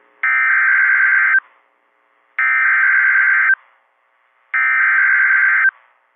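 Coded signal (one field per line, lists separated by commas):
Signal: Emergency Alert System (SAME) tones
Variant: header bursts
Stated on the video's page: Online NOAA Weather Radio Severe Thunderstorm Warning.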